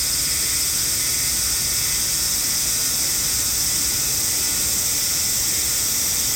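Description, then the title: Hime-harusemi cicada singing together in an unbroken high buzzing drone that stays even from start to finish. Sacred forest of Nō Hakusan Shrine, northernmost habitat on the Sea of Japan side, possibly near season's end; recorded with an MKH8020 microphone; cicadas singing fairly well. "能生白山神社のヒメハルゼミ"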